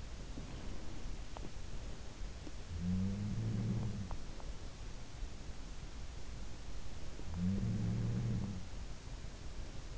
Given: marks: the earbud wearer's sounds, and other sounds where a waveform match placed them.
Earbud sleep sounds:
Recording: sounds in sleep by an in-ear microphone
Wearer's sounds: body movement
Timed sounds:
0.00-1.84 s: body movement
2.87-4.28 s: sound from someone else or the room
7.35-8.71 s: sound from someone else or the room

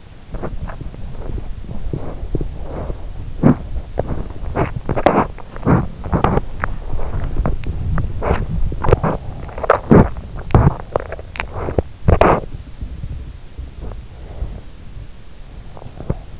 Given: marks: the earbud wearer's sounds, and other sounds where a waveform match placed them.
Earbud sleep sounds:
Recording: sounds in sleep by an in-ear microphone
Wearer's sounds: teeth grinding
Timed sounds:
0.00-16.40 s: teeth grinding

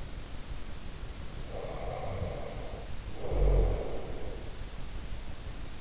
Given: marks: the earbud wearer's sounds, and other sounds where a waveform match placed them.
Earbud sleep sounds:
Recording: sounds in sleep by an in-ear microphone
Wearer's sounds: snoring breath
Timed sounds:
1.45-4.42 s: snoring breath

